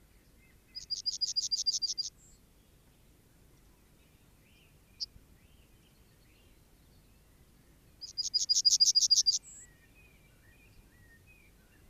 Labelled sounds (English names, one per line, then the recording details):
Yellowhammer
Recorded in the wild
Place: Kaiserslautern, Rheinland-Pfalz, DE
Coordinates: 49.3939, 7.73056
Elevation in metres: 313
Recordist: Tretzel, Erwin